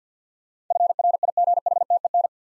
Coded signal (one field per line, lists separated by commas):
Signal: Morse code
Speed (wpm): 47 wpm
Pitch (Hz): 700 Hz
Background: none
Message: FRIGHTEN